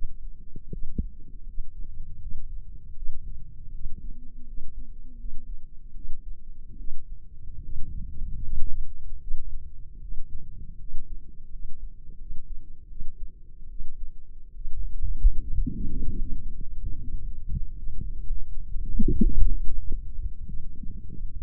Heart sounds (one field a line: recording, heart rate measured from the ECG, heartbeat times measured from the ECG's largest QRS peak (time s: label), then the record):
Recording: heart sounds by microphone in the left ear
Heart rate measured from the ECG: 79 bpm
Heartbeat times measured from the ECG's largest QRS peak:
0.68 s: heartbeat
1.44 s: heartbeat
2.18 s: heartbeat
2.93 s: heartbeat
3.70 s: heartbeat
4.44 s: heartbeat
5.15 s: heartbeat
5.92 s: heartbeat
6.76 s: heartbeat
7.60 s: heartbeat
8.39 s: heartbeat
9.19 s: heartbeat
9.98 s: heartbeat
10.76 s: heartbeat
11.49 s: heartbeat
12.16 s: heartbeat
12.87 s: heartbeat
13.67 s: heartbeat
14.52 s: heartbeat
15.37 s: heartbeat
16.17 s: heartbeat
16.96 s: heartbeat
17.73 s: heartbeat
18.43 s: heartbeat
19.08 s: heartbeat
19.75 s: heartbeat
20.44 s: heartbeat
21.17 s: heartbeat
From the record:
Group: healthy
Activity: rest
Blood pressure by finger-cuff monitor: 121/72 mmHg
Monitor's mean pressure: 90 mmHg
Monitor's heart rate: 76 bpm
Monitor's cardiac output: 6.7 L/min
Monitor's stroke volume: 84 mL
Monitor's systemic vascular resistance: 980 dyn s/cm5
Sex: female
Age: 24 years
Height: 163 cm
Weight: 55.7 kg